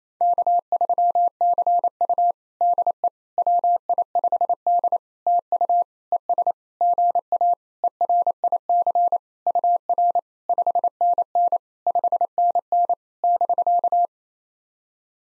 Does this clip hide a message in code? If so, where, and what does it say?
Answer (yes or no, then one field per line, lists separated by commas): yes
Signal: Morse code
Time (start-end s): 0.2-14.1 s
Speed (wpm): 28 wpm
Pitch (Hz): 700 Hz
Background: none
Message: K3CU DE WI5D TU ES GA ERIC UR 5NN 5NN <BK>